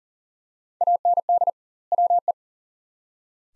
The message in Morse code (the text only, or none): AND WE